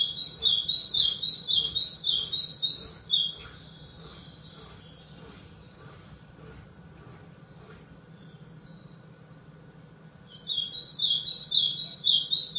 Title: Canto Do Golinha